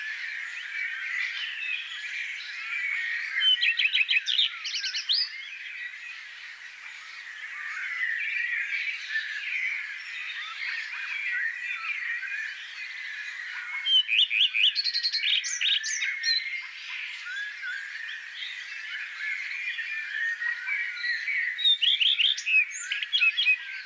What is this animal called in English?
Common Redstart